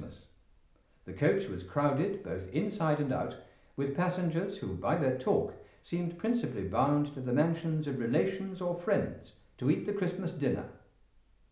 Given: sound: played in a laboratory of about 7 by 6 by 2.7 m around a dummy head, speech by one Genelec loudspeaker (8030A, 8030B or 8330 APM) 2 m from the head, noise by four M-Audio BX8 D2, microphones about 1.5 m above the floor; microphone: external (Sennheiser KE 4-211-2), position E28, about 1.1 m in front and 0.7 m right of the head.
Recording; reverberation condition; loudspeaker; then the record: male speech in English; medium; 60 degrees to the right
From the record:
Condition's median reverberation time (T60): about 510 ms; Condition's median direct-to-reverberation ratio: about -0.5 dB